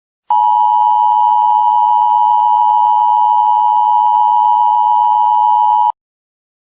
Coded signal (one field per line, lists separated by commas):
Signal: Emergency Alert System (SAME) tones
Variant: 853 and 960 Hz attention tone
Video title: Neo-Nazi Terrorist Attack EAS